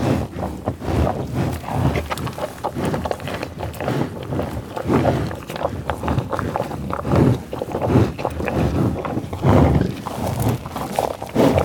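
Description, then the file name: American bison feeding in grass: continual rough rustling and low noises throughout. Eating, grunting, growling and sniffing in tall grass prairie, Oklahoma, USA. "felix blume animals buffalos eating grunting growling sniffing tall grass prairie oklahoma usa"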